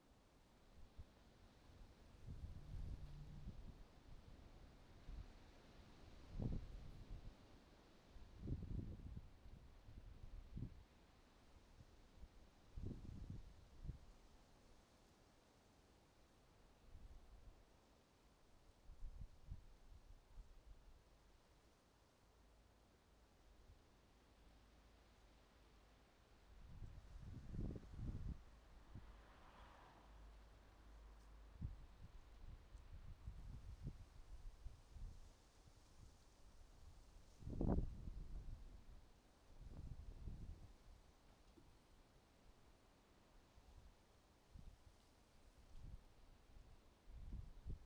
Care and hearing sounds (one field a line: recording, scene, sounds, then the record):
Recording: everyday scene through a hearing-aid microphone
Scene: wind on the microphone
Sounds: wind, traffic, birds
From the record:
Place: suburban garden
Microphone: in the ear canal, right